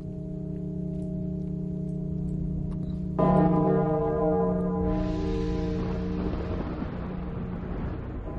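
A deep bell tolls inside an ancient city with a long, humming resonance, then a second, brighter strike swells in with shimmering overtones that linger and slowly fade, echoing far away. No one speaks.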